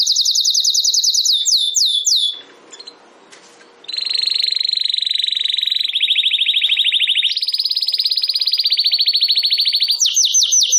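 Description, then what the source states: Domestic canary song: loud rapid trills at high pitch, with descending swooping notes, a brief pause, then long sustained rattling rolls shifting pitch in steps. Belgian canary singing in the campainha song style.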